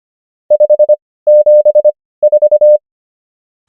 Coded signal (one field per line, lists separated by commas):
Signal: Morse code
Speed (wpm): 25 wpm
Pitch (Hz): 600 Hz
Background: none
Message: 574